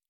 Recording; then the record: hydrophone in a shrimp aquaculture tank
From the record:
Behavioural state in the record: normal